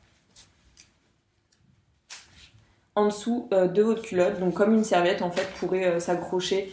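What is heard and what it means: A snap button on the wings of a washable cloth menstrual pad is pressed closed, clipping shut with a sharp click at 2.1 s after a few faint handling sounds. Someone then talks from about 3.0 s to the end. The snap is seated.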